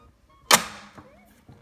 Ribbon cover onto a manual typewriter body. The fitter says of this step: clicks into place and you'll know that it's in there properly when you